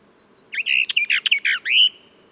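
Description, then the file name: Orphean warbler gives a rapid phrase of repeated mellow, throaty notes, finishing with a longer bright whistle. "sylvia hortensis song"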